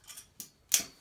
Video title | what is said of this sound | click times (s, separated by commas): Powernet 7x7 Bundle Setup and Unboxing | Boom, it pops right in there. | 0.4 s, 0.7 s